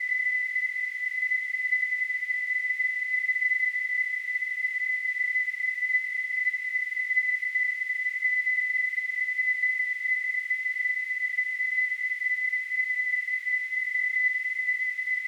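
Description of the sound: A simulated tinnitus sound: a steady, continuous high-pitched tone near 2 kHz with a faint hiss above it, unchanging throughout.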